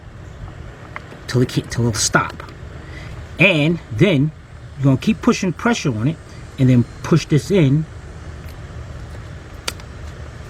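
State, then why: Seated. An ignition coil wiring connector is pressed onto the ignition coil of a 2005 Cadillac CTS 3.6 while someone talks over a steady low background hum. Pressure is held on the connector and its sliding lock clip is pushed in. A sharp click at 9.7 s marks the locking tab snapping home, and the connector is seated.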